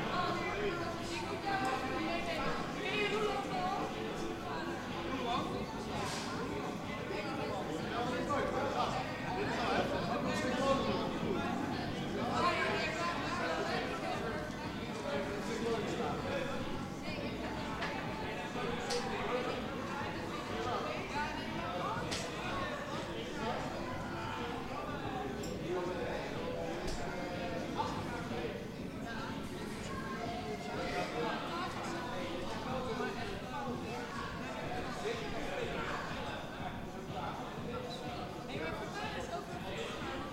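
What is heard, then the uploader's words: Many voices talk over one another at a neighbours' barbecue party, a dense and constant layer of chatter that never drops out. Brief sharper sounds, like clinks or laughs, pop up now and then. A low steady hum runs underneath throughout. BBQ party at the neighbours Den Haag. The sound of a BBQ party my neighbours had last summer. Recorded from my bedroom window.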